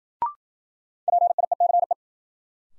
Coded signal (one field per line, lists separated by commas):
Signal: Morse code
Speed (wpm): 52 wpm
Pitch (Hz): 700 Hz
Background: none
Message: PIECE